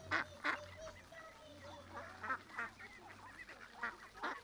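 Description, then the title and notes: Mallard quacks: a series of harsh nasal quacks, some loud, over running water and a low steady hum. Mallards of all ages, adults, juveniles and ducklings with mothers, at a small river in a park, Griñón, Madrid, Spain; Sunday afternoon; agitated when fed, young begging; Zoom H1n recorder. "Paseo de la Senda, 34, Griñón, Madrid, España - Tarde en el parque del río con patos. Los sonidos de aves que se escuchan son Ánade Real (Anas platyrhynchos). Hay de todas la edades, adultos, medianos y también patitos pequeños con sus mamás"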